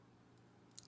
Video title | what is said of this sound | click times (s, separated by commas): NEW December KIZER Unboxing! Aegis, Sheepdog Utilities & Defensor — Best Vanguard Line Yet? | Snap back in. You can hear it. | 0.8 s